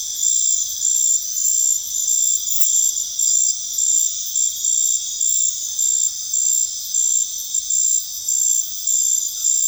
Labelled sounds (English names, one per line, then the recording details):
none
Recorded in pastures near Puerto Asís, Putumayo, Colombia, on 4 March 2025 at 00:00
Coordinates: 0.502, -76.324
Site GP07